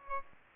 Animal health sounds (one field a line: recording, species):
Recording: mosquito wingbeat signal from an infrared sensor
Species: Aedes aegypti